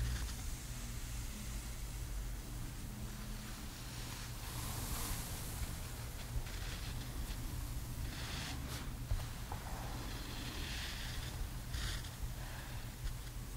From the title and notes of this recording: ASMR Gentle Hair Styling • Realistic ASMR • No Talking • Brushing, Shampoo, Blowdry, Scissors, Flat Iron.